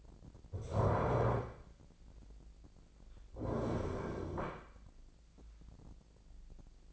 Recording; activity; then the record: daily activity, microphone in the room; stand up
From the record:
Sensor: 5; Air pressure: 1009.3 hPa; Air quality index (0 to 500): 158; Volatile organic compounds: 2 ppm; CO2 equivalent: 1210 ppm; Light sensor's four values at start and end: 277/668/282/308 and 278/668/282/308